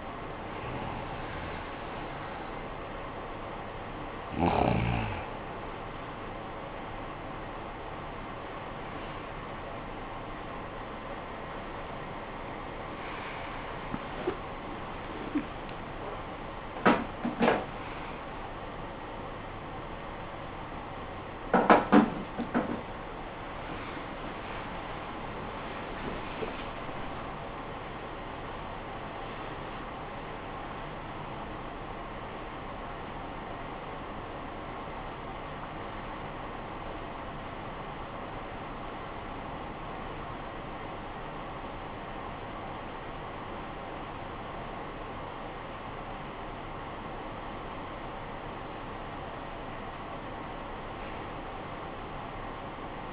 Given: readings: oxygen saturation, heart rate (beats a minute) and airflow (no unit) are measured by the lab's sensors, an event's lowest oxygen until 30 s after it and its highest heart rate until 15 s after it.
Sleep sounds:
a person awake in a sleep study, by a voice recorder at the bedside; 1
14.00-44.00 s: new sleep stage, awake
18.00-47.00 s: awake
36.00-45.30 s: hypopnea (scored as awake, oxygen 98% highest, then 94% lowest, heart rate 89 at the start, 89 highest)
44.00-53.12 s: new sleep stage, N1 (lightest sleep)
From the record:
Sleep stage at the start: N1 (lightest sleep); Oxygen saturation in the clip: 92 to 98%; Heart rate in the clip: 53 to 100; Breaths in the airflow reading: 11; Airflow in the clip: -17.3 to 20.2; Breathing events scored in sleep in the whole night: 445 in 7.6 hours asleep

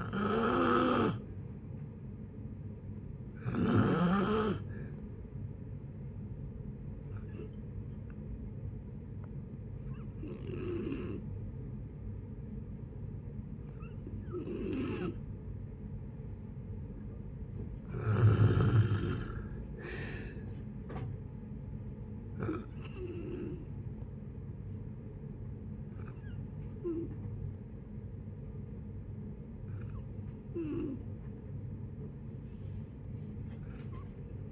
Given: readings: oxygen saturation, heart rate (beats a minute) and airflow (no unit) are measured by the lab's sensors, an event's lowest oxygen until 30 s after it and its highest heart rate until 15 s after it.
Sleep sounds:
breathing in sleep by a smartphone at the bedside; 1
6.00-18.10 s: hypopnea (N2, oxygen 90% highest, then 88% lowest, heart rate 66 at the start, 72 highest)
From the record:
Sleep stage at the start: N2 (light sleep); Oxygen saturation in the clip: 89 to 92%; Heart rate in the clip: 56 to 72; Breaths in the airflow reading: 9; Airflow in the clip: -6.4 to 7.0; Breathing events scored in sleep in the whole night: 496 in 5.4 hours asleep

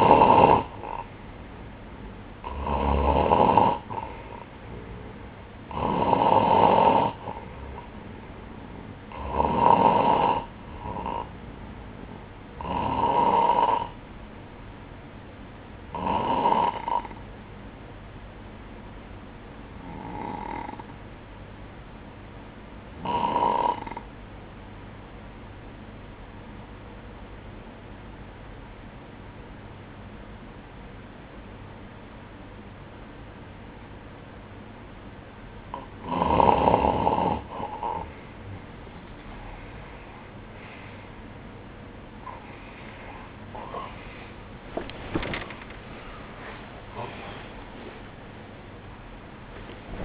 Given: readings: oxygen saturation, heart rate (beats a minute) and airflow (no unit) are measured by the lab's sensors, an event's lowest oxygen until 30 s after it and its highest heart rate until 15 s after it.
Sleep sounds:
breathing in sleep by a voice recorder at the bedside; 1
25.00-37.20 s: obstructive apnea (N2, oxygen 96% highest, then 92% lowest, heart rate 60 at the start, 78 highest)
40.00-50.05 s: new sleep stage, awake
45.00-50.05 s: awake
From the record:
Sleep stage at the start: N2 (light sleep); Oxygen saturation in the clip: 93 to 96%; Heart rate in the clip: 59 to 77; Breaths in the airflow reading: 9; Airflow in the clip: -17.6 to 15.6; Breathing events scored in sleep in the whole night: 180 in 6.7 hours asleep

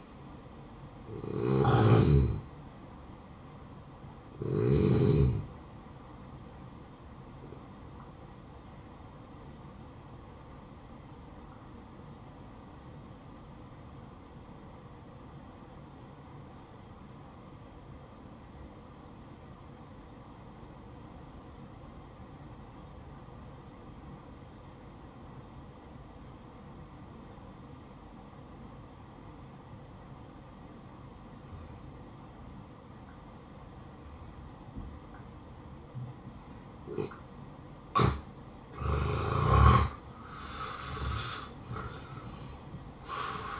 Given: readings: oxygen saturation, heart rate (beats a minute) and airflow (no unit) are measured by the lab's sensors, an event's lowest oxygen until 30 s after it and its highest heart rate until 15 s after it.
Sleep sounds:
breathing in sleep by a smartphone at the bedside; 1
9.00-38.90 s: obstructive apnea (N1, oxygen 94% highest, then 82% lowest, heart rate 62 at the start, 77 highest)
11.00-41.00 s: new sleep stage, N2 (light sleep)
41.00-43.60 s: new sleep stage, N1 (lightest sleep)
From the record:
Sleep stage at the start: N1 (lightest sleep); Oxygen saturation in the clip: 82 to 94%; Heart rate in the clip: 59 to 67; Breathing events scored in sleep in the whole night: 573 in 9.8 hours asleep

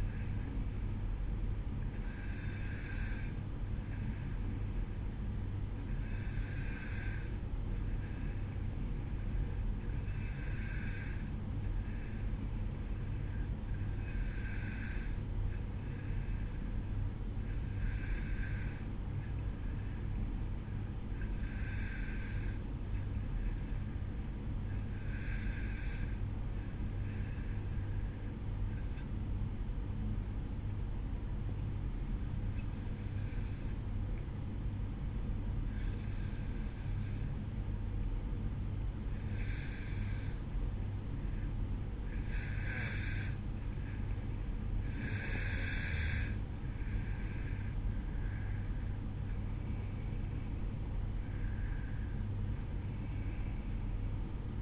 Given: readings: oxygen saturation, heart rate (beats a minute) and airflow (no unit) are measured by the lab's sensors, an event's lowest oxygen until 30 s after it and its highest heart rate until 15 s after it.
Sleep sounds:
breathing in sleep by a smartphone at the bedside; 1
9.00-39.00 s: new sleep stage, N2 (light sleep)
13.00-43.90 s: hypopnea (N2, oxygen 94% highest, then 91% lowest, heart rate 54 at the start, 59 highest)
39.00-54.62 s: new sleep stage, N1 (lightest sleep)
From the record:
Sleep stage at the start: N1 (lightest sleep); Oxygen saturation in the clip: 91 to 94%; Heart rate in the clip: 53 to 59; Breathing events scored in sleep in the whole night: 305 in 9.6 hours asleep

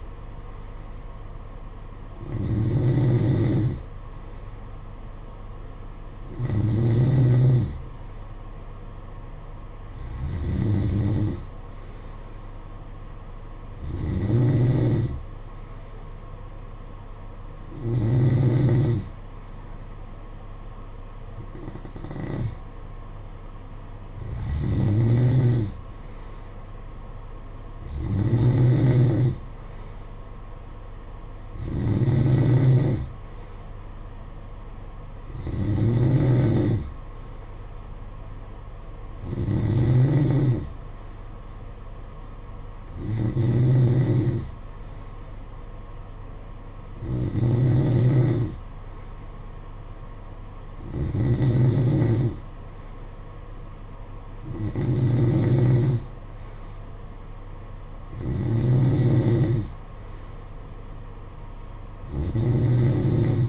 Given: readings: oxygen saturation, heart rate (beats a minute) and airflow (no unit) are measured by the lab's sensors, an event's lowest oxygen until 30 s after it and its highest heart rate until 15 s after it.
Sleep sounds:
breathing in sleep by a smartphone at the bedside; none
none scored
From the record:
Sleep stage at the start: N3 (deep sleep); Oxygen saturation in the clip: 92 to 93%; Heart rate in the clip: 53 to 59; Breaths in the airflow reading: 17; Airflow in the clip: -8.9 to 6.1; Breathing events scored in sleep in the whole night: 476 in 9.7 hours asleep

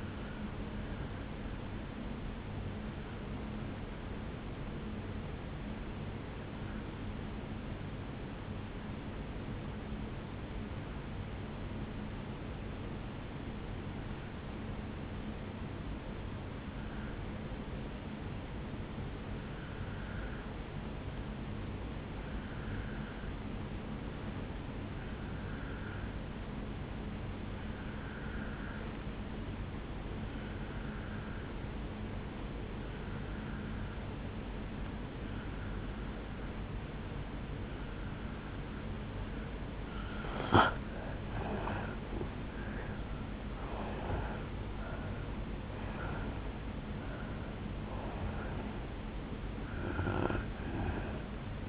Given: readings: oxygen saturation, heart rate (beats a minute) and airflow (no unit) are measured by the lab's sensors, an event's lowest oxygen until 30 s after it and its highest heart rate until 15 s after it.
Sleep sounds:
breathing in sleep by a voice recorder at the bedside; 1
6.00-39.00 s: obstructive apnea (N1, oxygen 97% highest, then 84% lowest, heart rate 55 at the start, 77 highest)
15.00-45.00 s: new sleep stage, N2 (light sleep)
45.00-51.69 s: new sleep stage, N1 (lightest sleep)
From the record:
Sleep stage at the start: N1 (lightest sleep); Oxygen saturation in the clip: 84 to 97%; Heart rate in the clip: 55 to 77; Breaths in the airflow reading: 6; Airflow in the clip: -12.8 to 8.5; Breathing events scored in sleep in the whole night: 449 in 7.0 hours asleep

